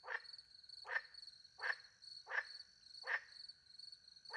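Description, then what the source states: Frog producing several sharp croaks, most under a second apart, accompanied by a constant high cricket trill. Frogs with crickets at night in countryside beside a little pond in France; microphones hidden in a tree, two Usi Pro microphones into a MixPre-10 II recorder.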